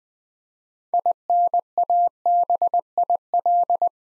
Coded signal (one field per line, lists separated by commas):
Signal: Morse code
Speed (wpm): 20 wpm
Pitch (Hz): 700 Hz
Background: none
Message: INABIL